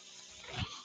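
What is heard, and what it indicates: A steady airy hiss builds into a brief low whooshing thump just past the half-second mark, then eases off. This is the working noise of a person's own home mechanical ventilator delivering a breath, heard in the background.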